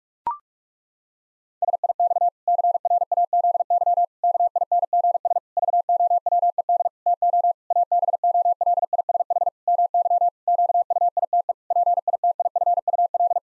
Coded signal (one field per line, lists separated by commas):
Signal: Morse code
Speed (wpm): 46 wpm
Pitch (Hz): 700 Hz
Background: none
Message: SIX CRAZY KINGS VOWED TO ABOLISH MY QUITE PITIFUL